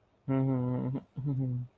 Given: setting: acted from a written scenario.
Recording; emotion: vocal sound without words; sympathy